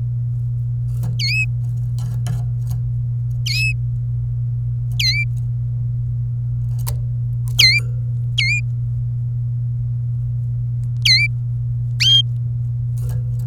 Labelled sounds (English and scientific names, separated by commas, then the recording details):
Domestic Canary (Serinus canaria) song
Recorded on 26 April 2018 at 15:51
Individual llb3